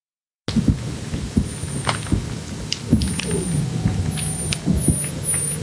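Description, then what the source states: Weddell seal calls: a series of high, thin, downward-arching whistles, increasingly frequent, over a dense background of low rumbles, knocks and clicks. Ultrasonic vocalizations lowered to a quarter of original frequencies and played at normal speed; McMurdo Sound, Antarctica, 2017 and 2018.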